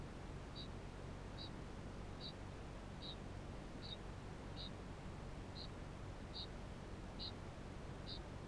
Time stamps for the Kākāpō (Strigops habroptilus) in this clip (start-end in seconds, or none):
0.00-8.48